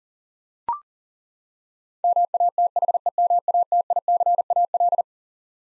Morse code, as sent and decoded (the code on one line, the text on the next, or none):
-- .- - .... . -- .- - .. -.-. .- .-..
MATHEMATICAL